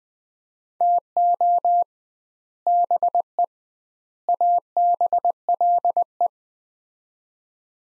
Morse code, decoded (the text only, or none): TO BE ABLE